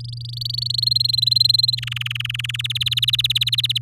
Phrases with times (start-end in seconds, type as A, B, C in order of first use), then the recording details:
0.00-0.85 A, 0.86-1.75 B, 1.77-2.61 C, 2.64-3.78 D. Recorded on 7 May 2018 at 14:52. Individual llb16